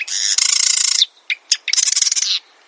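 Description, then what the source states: Marsh wren singing a long grating, bubbling rattle, then a few sharp clicks and a second rapid chattering trill. Song likened to the grating of a rusty hinge, to air bubbles forcing through mud, and to a sewing machine or toy machine gun.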